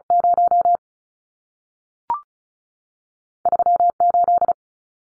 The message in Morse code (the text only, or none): 0 38